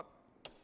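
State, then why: Seated. On an Alpha Tug aircraft tug, the hookup arm is hooked to the aircraft and its handle is pushed all the way down until the over-center lock engages, so the arm can't come off the aircraft and damage the wheel pants. After a soft knock at the start and a quiet stretch, a single sharp, bright click sounds at 0.5 s as the lock snaps shut and seats.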